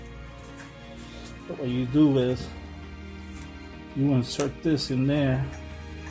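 A 5/8 plastic quick-disconnect tool is being handled at a fuel line quick-connect coupling while someone talks over soft background music. Nothing has seated or clicked yet; the clip ends before the tool snaps into place to release the coupling.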